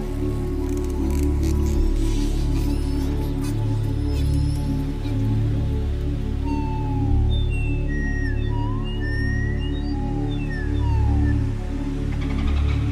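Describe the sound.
Beluga whale whistles, short rising and falling chirps scattered mostly through the second half, over a steady low humming drone.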